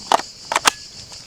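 An 18 V slide-in Makita tool battery is pushed into the handle of cordless pruning shears, which are compatible with Makita 18-volt batteries so only one charger is needed. Two short knocks of the battery sliding along the handle come at about 0.1 s and 0.6 s, followed by a sharp click at 0.7 s as the battery seats. Faint outdoor background hiss continues throughout.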